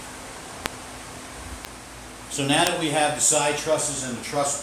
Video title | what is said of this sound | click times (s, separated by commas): StarStructure Telescopes ASSEMBLY VIDEO PART 1 | until it locks in place | 0.7 s